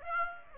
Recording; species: mosquito wingbeat signal from an infrared sensor; Aedes aegypti